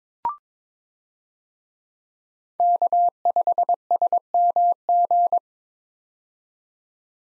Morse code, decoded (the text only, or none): K5SMG